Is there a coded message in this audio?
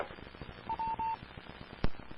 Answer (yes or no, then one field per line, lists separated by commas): no